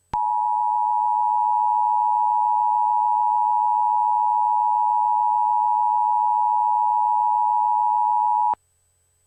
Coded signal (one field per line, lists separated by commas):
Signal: Emergency Alert System (SAME) tones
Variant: 853 and 960 Hz attention tone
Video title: Eas Mock Reenactment: S T O P F L U S H I N G T O I L O T S